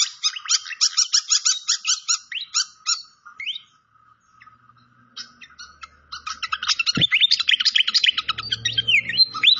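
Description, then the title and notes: Malaysian pied fantail song: quick repeated chirps, a pause, then a busy run of slurred whistles and chirps, with a brief knock partway through. Masteran (training recording) with clear-voiced song mixed with the sound of trickling water. "Masteran Sikatan Kipas Suara Jernih Dan Suara Gemericik Air. Suara Burung Sikatan Londo"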